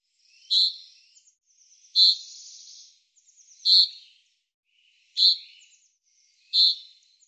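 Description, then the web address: Common chaffinch repeating sharp, high call notes with brief buzzy trails, five calls spaced about every one and a half seconds. "Deverinetal 2025 File cleaned normalized Bird Fr Co"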